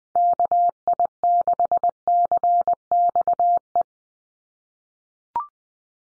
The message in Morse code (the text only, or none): KI6CXE